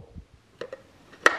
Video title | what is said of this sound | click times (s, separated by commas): FOAMA Touchless Foaming Soap Dispenser - REVIEW & How To | and then turn clockwise bam you hear that little snap | 1.3 s